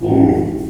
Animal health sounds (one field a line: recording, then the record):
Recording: squeal of a Yucatan mini pig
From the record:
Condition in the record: before surgery on the right vocal fold (resection and tissue-engineered implant)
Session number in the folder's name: 2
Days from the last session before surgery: -15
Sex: female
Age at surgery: 19 weeks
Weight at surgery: 25 kg